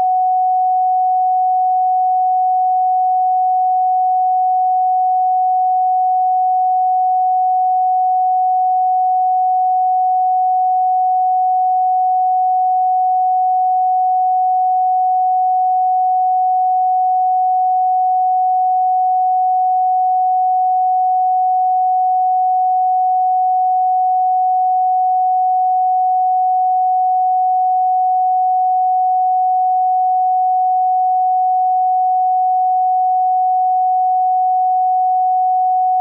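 A pure 741 Hz tone holds perfectly steady for the full length, a single clear mid-high pitch with no wavering. Its loudness never changes, and nothing else is heard, no background, no breaks, just the unbroken tone.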